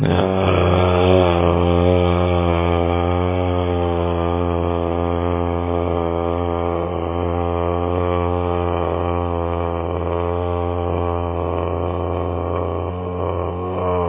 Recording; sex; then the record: sustained vowel /a/; male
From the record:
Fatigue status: no fatigue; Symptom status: asymptomatic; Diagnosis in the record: COVID-19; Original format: 3gp